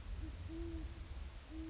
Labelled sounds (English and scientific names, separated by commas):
Great Horned Owl (Bubo virginianus)